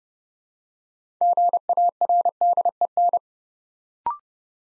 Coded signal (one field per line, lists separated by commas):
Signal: Morse code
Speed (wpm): 30 wpm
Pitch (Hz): 700 Hz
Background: none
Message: GARDEN